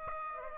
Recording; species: mosquito wingbeat signal from an infrared sensor; Aedes aegypti